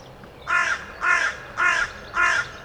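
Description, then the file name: Carrion crow giving four evenly spaced, harsh, grating caws, roughly two per second. "Corvus corone"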